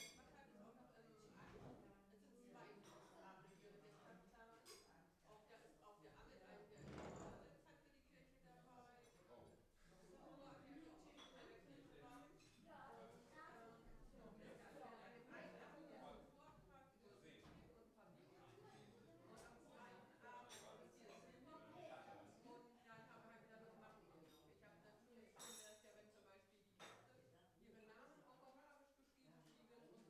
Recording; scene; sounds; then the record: everyday scene through a hearing-aid microphone; many people talking; many voices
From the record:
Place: parish hall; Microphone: behind the ear, right, front